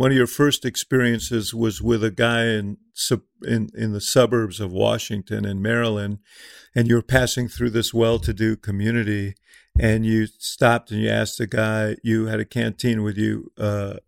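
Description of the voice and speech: A man speaks fluently and clearly in a conversational interview tone, with an ordinary low-pitched voice.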